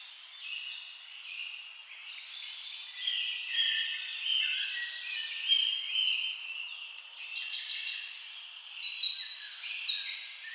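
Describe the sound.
Birds calling in a dense chorus: many overlapping high chirps and twittering notes throughout.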